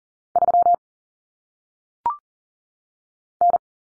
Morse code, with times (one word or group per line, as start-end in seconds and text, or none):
0.4-0.7 3
3.4-3.6 N